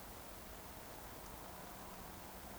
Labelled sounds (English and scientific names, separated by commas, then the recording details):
Eurasian Woodcock (Scolopax rusticola) whistle
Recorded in Baden-Württemberg, Germany, on 15 June 2020 at 20:26 UTC
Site 14569, 102 m above sea level